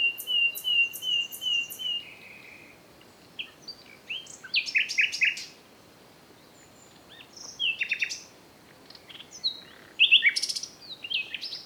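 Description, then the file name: Common nightingale song: slow repeated whistles followed by varied phrases of sharp trills, clicks and chattering notes broken by pauses. "Luscinia megarhynchos"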